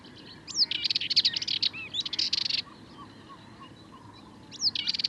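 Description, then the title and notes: Sardinian warbler song: a quick rattling phrase of harsh, clipped notes lasting about two seconds, followed by quiet and a new phrase beginning at the end. Recorded 22 March 2019 at Le Charnier, Camargue, at twilight; a long monologue of incredibly nervous, rapid song; Wildtronic parabola, MKH8020 microphone, MixPre 3 recorder. "Le Charnier - Camargue. une Fauvette mélanocéphale (Sylvia melanocephala)"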